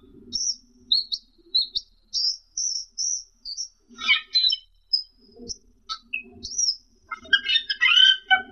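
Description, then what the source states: Camperling song: high thin whistled notes repeated about twice a second, then scratchy chattering bursts ending in a loud jumbled phrase. Masteran song, used as a training recording to teach songbirds to sing.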